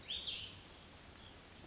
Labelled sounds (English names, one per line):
Cassin's Vireo